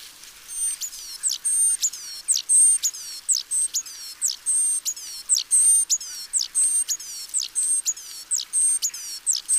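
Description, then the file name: Great tit calling with a rapid series of high, thin whistles mixed with sharp downward-sweeping notes, around two per second throughout, over a quiet background. "Parus major"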